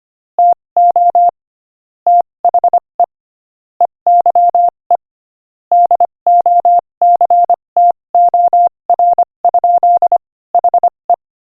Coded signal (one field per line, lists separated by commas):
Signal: Morse code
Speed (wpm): 25 wpm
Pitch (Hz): 700 Hz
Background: none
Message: TO THE EYE DOCTOR? HE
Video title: Morse Code Practice: 25 wpm Joke #4